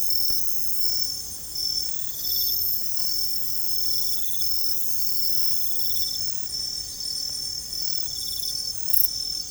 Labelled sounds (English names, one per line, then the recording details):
none
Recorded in secondary vegetation near Puerto Asís, Putumayo, Colombia, on 20 December 2024 at 23:30
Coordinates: 0.468, -76.324
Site G095